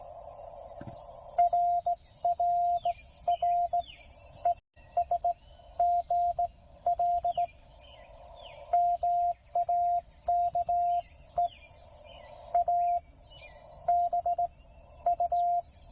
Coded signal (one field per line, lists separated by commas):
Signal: Morse code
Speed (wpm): 18 wpm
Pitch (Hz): 700 Hz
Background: radio noise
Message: RRR ES GL MAKE A B U